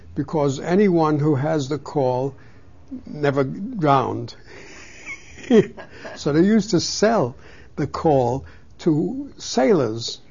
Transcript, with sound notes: Because anyone who has the caul, never drowned. (They laugh.) So they use to sell the caul to sailors.